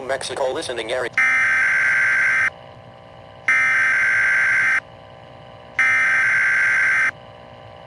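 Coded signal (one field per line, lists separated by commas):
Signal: Emergency Alert System (SAME) tones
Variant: header bursts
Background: speech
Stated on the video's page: Fictional scenario using valid EAS tones.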